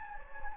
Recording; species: mosquito wingbeat signal from an infrared sensor; Anopheles gambiae